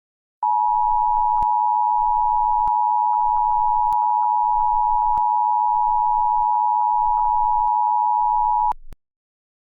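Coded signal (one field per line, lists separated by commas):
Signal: Emergency Alert System (SAME) tones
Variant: 853 and 960 Hz attention tone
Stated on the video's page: Fictional EAS mock of a tornado in Colorado Springs.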